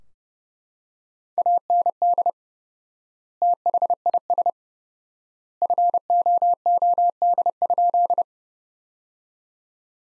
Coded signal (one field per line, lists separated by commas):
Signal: Morse code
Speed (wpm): 30 wpm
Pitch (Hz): 700 Hz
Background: none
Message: AND THIS FOOD?